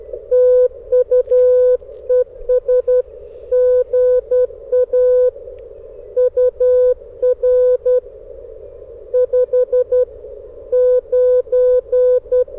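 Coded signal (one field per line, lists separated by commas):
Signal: Morse code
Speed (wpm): 13 wpm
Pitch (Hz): 500 Hz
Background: none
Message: TU ES GA UR 59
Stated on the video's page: Parks on the Air activation with a portable QRP station, Icom IC-705 on battery, antenna in a tree.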